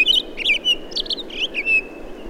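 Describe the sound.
Townsend's solitaire song: short clusters of quick, sweet warbled notes separated by brief gaps, over a faint steady background hiss.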